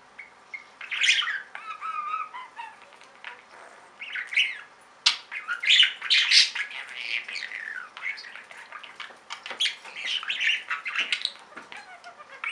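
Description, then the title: Budgerigar chatter: squawky, scratchy warbling with some whistled notes and clicks, continuous and varied throughout. "Budgie Sounds"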